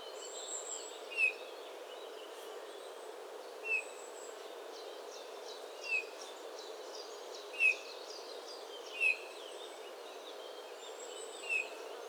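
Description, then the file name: Eurasian bullfinch giving soft, short whistled call notes, each repeated roughly every two seconds against a steady background hiss. "Pyrrhula pyrrhula"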